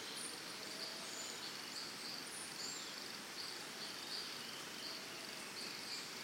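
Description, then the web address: Cricket chirps, shrill pulses recurring at a quick even pace above a continuous insect drone, with occasional faint high bird notes. Recorded in the early morning in Costa Rica, forest and jungle setting, crickets heard together with birds. "Big Room Sound Birds Crickets Costa Rica Early Morning"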